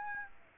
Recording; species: mosquito wingbeat signal from an infrared sensor; Aedes aegypti